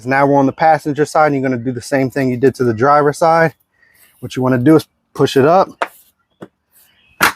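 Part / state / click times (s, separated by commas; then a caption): plastic bumper piece into the rear body mount, passenger side / seated / 7.2 s. On a 2004–2010 BMW X3 (E83), during a trailer hitch installation, someone talks while a plastic bumper trim piece is pushed up and in on the passenger side. It goes into the rear body mount and clicks into place at 7.2 s, seated.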